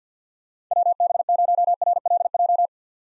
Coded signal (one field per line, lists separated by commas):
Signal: Morse code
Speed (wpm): 50 wpm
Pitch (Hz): 700 Hz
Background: none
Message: WB0RLJ